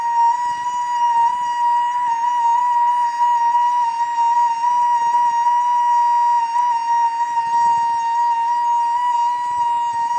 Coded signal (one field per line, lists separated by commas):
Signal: FT8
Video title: FT8 Worked on 14.074 Mhz usb